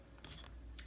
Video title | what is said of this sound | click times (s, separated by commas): Mattel Jurassic World Destruct-A-Saurs Pteranodon Copter Attack Set Review!! | When you open it up, you can just hear them snapping in as you're moving the wings. | 0.2 s, 0.8 s